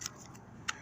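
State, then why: Seated. A latching part is pushed into its mating catch even though the detent nipple has been bored out. A short, bright click sounds at 0.1 s, followed by a sharper, louder snap at 0.7 s as the part locks firmly into place.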